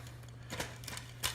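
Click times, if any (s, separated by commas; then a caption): 1.3 s. A plastic bayonet fitting, with its notch lined up to the notch at the bottom of a Fleck Eradicator water softener media tank, is given a quarter turn to the right. A few faint clicks and scrapes are heard during the turn, followed by a sharper click at 1.3 s as the fitting locks into place.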